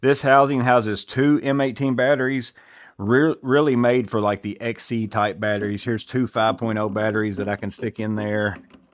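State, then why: Not seated. Someone talks throughout while holding two Milwaukee M18 18V 5.0 Ah batteries beside the battery housing of a MELLIF electric wheelbarrow cart, a housing made for two M18 XC-type batteries. Only brief faint handling sounds come through under the talking, and nothing has seated or clicked yet.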